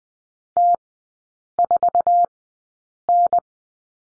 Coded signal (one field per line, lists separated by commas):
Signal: Morse code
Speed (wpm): 20 wpm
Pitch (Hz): 700 Hz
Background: none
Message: T4N